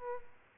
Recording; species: mosquito wingbeat signal from an infrared sensor; Aedes aegypti